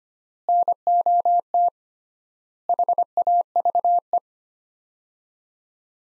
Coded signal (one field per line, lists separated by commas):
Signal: Morse code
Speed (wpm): 25 wpm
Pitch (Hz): 700 Hz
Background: none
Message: NOT HAVE